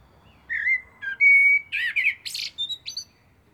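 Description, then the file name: Eurasian blackbird song phrase, a mellow whistled warble that slides into a scratchy, high-pitched twittering flourish. "Turdus merula"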